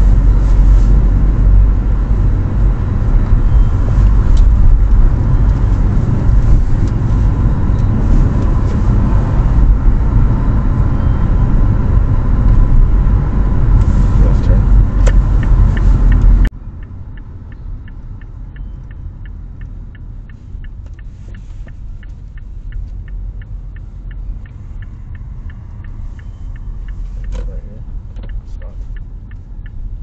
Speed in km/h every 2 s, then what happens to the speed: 41, 42, 42, 43, 44, 43, 42, 37, 28, 22, 19, 19, 18, 25, 18.
0-11 steady at about 42. 11-19 slows to 19. 19-27 steady at about 19. 27-30 brakes to 18.